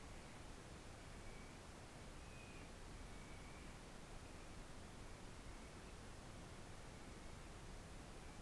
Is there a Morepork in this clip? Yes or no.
no